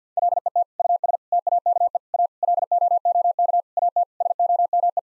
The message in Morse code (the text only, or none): LET US TAKE A LOOK AT SOME